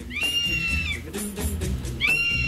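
An eagle gives two shrill, high-pitched calls, each held briefly before dropping away, over a steady low rumble of background noise.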